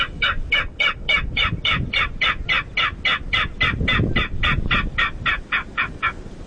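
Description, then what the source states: King Rail call: a long run of harsh, evenly spaced kek notes, about three or four per second, steady throughout, over low background rumble. Recorded call played back on a loop at night, from an hour and a half after sunset to an hour and a half before sunrise, up to 95 decibels, to attract rails.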